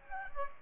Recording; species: mosquito wingbeat signal from an infrared sensor; Aedes aegypti